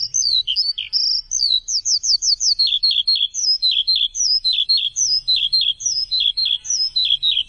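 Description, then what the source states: High-pitched bird song, a twittering string of paired, downslurred chirps delivered at a steady, lively pace. Chirping bird song intended for training pet birds.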